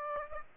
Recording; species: mosquito wingbeat signal from an infrared sensor; Aedes aegypti